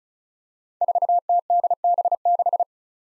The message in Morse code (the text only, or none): 4TDB6